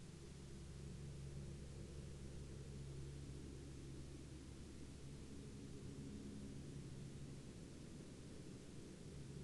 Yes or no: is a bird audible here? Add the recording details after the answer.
no. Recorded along the Dempster Highway, Canada, on 30 March 2019 at 01:54. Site 19